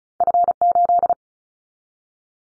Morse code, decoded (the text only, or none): F8